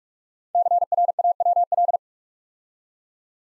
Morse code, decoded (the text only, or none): CRAWL